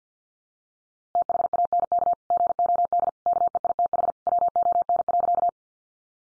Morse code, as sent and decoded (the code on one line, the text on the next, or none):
- .... .- -. -.- / --. --- -.. / -.- . .. - .... / .-- --- -. .-.-.-
THANK GOD KEITH WON.